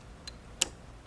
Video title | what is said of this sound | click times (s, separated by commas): Husqvarna Viking Opal 690Q Owners Class | click it in, and you'll hear and feel a little click. | 0.6 s